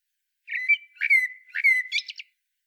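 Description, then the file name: Common blackbird giving a phrase of three fluty whistled notes, ending in quick thin twitters. "Turdus merula"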